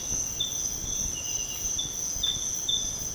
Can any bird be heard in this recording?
no